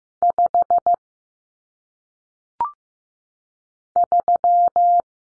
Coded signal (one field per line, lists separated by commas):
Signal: Morse code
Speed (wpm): 15 wpm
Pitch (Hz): 700 Hz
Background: none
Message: 5 3